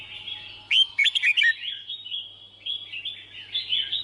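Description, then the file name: Red-whiskered bulbul song: a quick sequence of loud, sharp, dropping notes followed by a softer, rambling twitter that keeps going to the end. Song described as 'hót chè'. "Tieng chao mao hot che"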